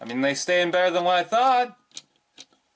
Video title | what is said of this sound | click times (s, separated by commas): TRANSFORMERS: Robots in Disguise Warrior Class STRONGARM Ep#191 | Still don't lock into place. | none